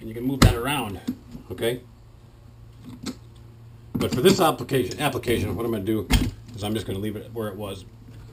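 A plastic suction cup mount is handled on the plastic pipe frame of an adjustable Kitty Cot window cat perch while someone talks, with brief handling noises between the words. The mount is being returned to its original spot, but nothing has seated or clicked yet.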